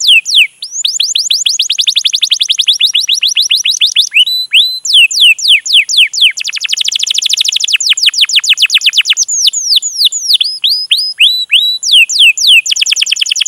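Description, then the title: Canary song, long and continuous, made of rapid trills, sweeping slurred notes and buzzy rolls, changing phrase every few seconds. Canary lure recording to prompt canaries to sing, featuring long, continuous vigorous singing. "PANCINGAN Kenari GACOR PANJANG. Pancingan Gacor Masteran"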